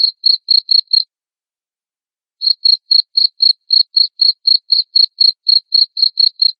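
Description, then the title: Cricket making quick high chirps, a brief burst, a pause of over a second, then a regular series at about four chirps per second. Loud cricket chirping (ngerik) played to make lovebirds sing (ngekek) continuously. "Suara JANGKRIK NGERIK Keras Bikin LOVEBIRD Jadi NGEKEK Terus Vubey"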